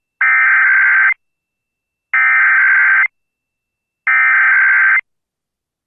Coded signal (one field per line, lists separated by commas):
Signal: Emergency Alert System (SAME) tones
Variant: header bursts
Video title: EAS #172 - Minnesota’s Required Monthly Test - Jan 3, 2024